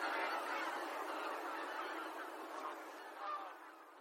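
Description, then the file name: Bean goose: bean geese honking in a chorus that fades gradually, with one brief louder call near the end. "hisikui"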